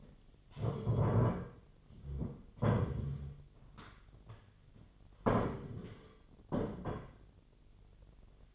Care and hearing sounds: daily activity, microphone in the room; stand up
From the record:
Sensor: 4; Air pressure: 1008.8 hPa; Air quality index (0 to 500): 171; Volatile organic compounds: 5 ppm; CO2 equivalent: 1716 ppm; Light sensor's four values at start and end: 23/72/27/26 and 23/72/27/26

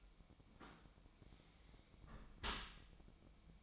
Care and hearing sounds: daily activity, microphone in the room; close dishwasher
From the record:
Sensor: 1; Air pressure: 1003.1 hPa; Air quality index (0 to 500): 197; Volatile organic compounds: 6 ppm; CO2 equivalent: 1879 ppm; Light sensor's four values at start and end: 29/73/31/38 and 29/73/31/38

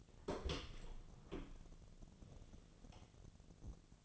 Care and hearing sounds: daily activity, microphone in the room; open door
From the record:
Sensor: 4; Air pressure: 1001.1 hPa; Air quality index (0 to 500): 185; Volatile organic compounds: 3 ppm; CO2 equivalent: 1321 ppm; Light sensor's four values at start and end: 16/37/15/15 and 15/34/14/14

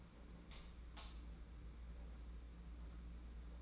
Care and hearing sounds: daily activity, microphone in the room; light on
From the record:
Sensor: 1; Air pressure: 991.9 hPa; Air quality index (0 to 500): 209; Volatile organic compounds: 1000 ppm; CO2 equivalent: 8107 ppm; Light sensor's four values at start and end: 10/22/9/10 and 20/60/25/24

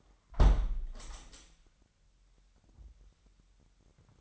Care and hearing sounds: daily activity, microphone in the room; close window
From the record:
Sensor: 3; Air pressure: 997.8 hPa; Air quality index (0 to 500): 139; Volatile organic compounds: 4 ppm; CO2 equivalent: 1660 ppm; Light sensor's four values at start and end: 14/41/16/15 and 14/41/17/15

